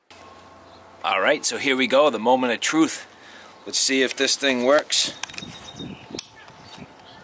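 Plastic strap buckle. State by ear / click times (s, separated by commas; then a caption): seated / 6.2 s. Someone talks, then the male half of a plastic three-button hip-belt buckle on a Vanquest backpack (Javelin, Trident, Falconer), modified by removing the third button, is pushed into the female half. It latches shut with a sharp click at 6.2 s.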